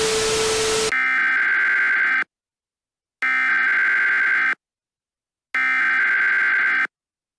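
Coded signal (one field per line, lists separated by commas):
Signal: Emergency Alert System (SAME) tones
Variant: header bursts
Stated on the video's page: Fictional EAS scenario, analog horror.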